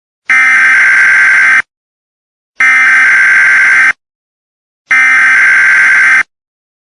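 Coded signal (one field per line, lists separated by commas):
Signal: Emergency Alert System (SAME) tones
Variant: header bursts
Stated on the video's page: Fictional EAS scenario about cable anti-piracy using valid tones, created for entertainment.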